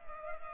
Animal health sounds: mosquito wingbeat signal from an infrared sensor; Culex pipiens

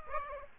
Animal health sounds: mosquito wingbeat signal from an infrared sensor; Aedes aegypti

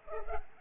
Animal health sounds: mosquito wingbeat signal from an infrared sensor; Culex pipiens

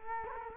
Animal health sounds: mosquito wingbeat signal from an infrared sensor; Culex quinquefasciatus

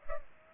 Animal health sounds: mosquito wingbeat signal from an infrared sensor; Culex pipiens

